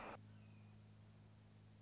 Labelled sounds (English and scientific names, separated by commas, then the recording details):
Red-shouldered Hawk (Buteo lineatus)
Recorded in Sonoma County, California